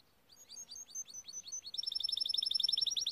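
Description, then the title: Canary song: a series of high, separate chirping notes builds into a fast, even, rolling trill of repeated high notes lasting over a second. Timbrado breed canary singing, used for training. "Canary Bird Singing - Timbrado training video"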